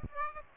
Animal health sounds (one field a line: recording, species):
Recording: mosquito wingbeat signal from an infrared sensor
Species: Aedes aegypti